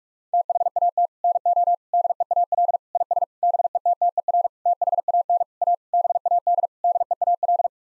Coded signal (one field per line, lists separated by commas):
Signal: Morse code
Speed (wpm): 41 wpm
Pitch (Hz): 700 Hz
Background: none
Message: THAT NO DEAL IS BETTER THAN A BAD DEAL